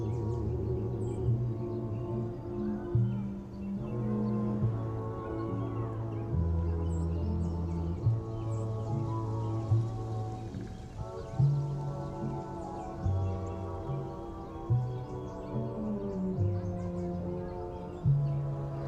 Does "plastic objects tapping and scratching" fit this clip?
no